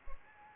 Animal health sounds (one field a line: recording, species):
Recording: mosquito wingbeat signal from an infrared sensor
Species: Anopheles arabiensis